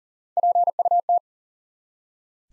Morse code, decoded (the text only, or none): PUT